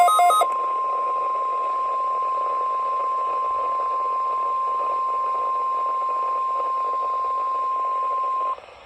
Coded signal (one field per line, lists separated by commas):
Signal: Emergency Alert System (SAME) tones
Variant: 1050 Hz attention tone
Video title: EAS 88: NWS Required Weekly Test